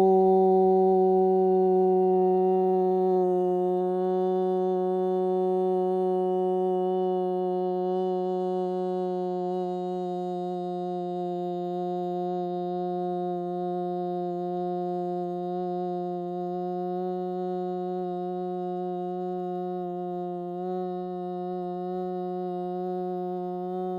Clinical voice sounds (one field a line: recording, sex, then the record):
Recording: sustained vowel /u/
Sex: female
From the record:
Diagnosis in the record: Parkinson's disease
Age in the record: 61 years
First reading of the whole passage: 53 s, 9.7 characters per second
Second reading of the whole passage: 51 s, 10.1 characters per second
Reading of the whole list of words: 49 s, 5.7 characters per second